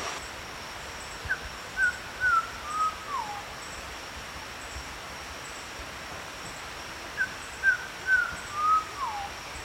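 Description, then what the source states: Hooded pitohui calls: a series of about four clear whistled notes stepping downward, ending in a lower slurred note, given twice about six seconds apart over a steady background tone. Papua New Guinea.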